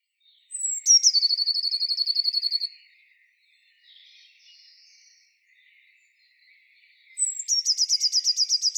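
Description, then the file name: Eurasian blue tit singing a high descending whistle into a rapid even trill lasting about two seconds, repeated after a pause, with soft chirps in between. "Cyanistes caeruleus"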